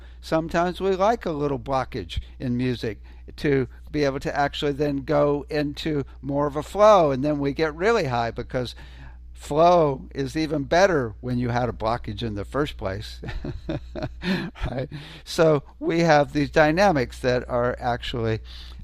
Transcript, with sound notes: Sometimes we like a little blockage in music to be able to actually then go into more of a flow and then we get really high, because flow is even better when you had a blockage in the first place. (laughs) Right? So, we have these dynamics that are actually,